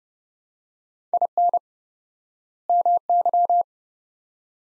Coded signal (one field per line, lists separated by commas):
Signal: Morse code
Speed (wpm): 31 wpm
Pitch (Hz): 700 Hz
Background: none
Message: IN MY